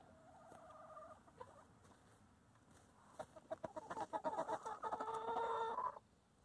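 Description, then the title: Chicken calls: a short harmonic note, a quiet stretch, then rapid rhythmic clucking leading into a loud sustained squawk. Chickens in their coop. "In the chicken coop - A csirkeólban"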